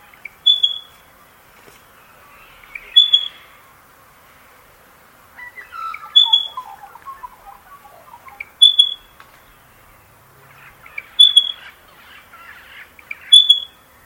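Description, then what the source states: Spotted Pardalote breeding call: a high, clear note repeated about every two and a half seconds, with other lower bird calls in between. Continuous breeding call, source of the species' nickname 'headache bird'; common in urban areas; recorded in Macedon Ranges Shire, Victoria.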